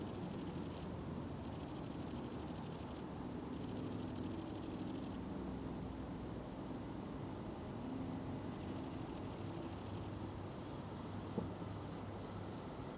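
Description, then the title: Grasshoppers stridulate in a continuous high, pulsing hiss with small variations and a brief break near the end, while a low rumble runs underneath. Several grasshoppers in a summer ambience at the farm of Villers Abbey, Villers-la-Ville, Belgium; distant train; recorded with Sony PCM-D100 internal microphones in wide position. "Ferme de lAbbaye de Villers, 1495 Villers-la-Ville, Belgique - Grasshoppers"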